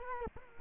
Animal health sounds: mosquito wingbeat signal from an infrared sensor; Culex quinquefasciatus

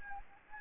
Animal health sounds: mosquito wingbeat signal from an infrared sensor; Anopheles gambiae

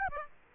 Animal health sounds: mosquito wingbeat signal from an infrared sensor; Aedes aegypti

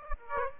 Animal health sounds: mosquito wingbeat signal from an infrared sensor; Aedes aegypti

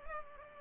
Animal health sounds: mosquito wingbeat signal from an infrared sensor; Culex pipiens

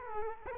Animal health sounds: mosquito wingbeat signal from an infrared sensor; Culex quinquefasciatus

